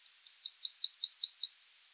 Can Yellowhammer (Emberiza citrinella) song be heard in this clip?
yes